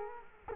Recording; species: mosquito wingbeat signal from an infrared sensor; Culex quinquefasciatus